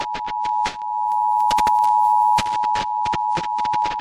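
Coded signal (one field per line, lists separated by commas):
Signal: Emergency Alert System (SAME) tones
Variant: 853 and 960 Hz attention tone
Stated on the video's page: Tornado watch EAS activation relayed over radio stations WQDR and WYMY, WQDR carrying WYMY's feed.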